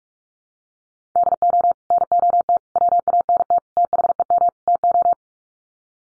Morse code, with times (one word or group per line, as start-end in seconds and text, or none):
1.2-1.7 DO
1.9-2.6 NOT
2.8-3.6 WANT
3.8-4.5 THEM
4.7-5.1 TO